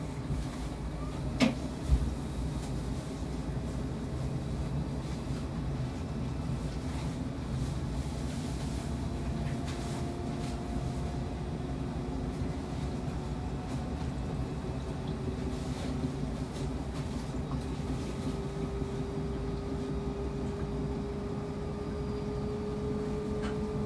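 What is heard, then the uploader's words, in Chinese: A washing machine runs with a steady, dense low rumble that barely changes for the whole stretch. A faint motor whine glides slowly upward in pitch over time, and a couple of sharp knocks come near the start, around the second mark. 洗衣機。轉一轉洗一洗。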